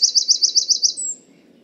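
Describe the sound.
Bird chirps, a quick run of seven sharp high notes, followed by a single thin, higher whistle, then quiet.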